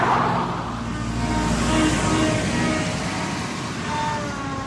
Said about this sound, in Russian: Он прыгнул на заднее сиденье, втянул за собой покорного вялого пуделя, ослабевший от страха рукой захлопнул дверцу. Машина рывком тронулась с места.